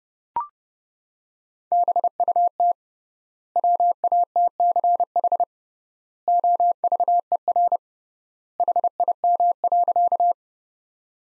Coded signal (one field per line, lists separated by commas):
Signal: Morse code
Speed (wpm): 32 wpm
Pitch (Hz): 700 Hz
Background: none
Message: BUT WATCH OVER HIM.